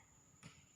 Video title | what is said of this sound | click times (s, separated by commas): Video Pembelajaran IPA terpadu "Mikroskop" | Nah, itu kan ada bunyi klik. | 0.4 s